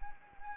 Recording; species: mosquito wingbeat signal from an infrared sensor; Anopheles arabiensis